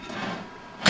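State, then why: Seated. A metal grill plate slides in on the bottom level of a NuWave Todd English Pro-Smart Grill countertop grill oven, with a soft broadband scraping rustle for most of the clip. At 0.9 s a sharp, loud click is heard as the plate's connector pops into and seats in the oven's electrical heating jack.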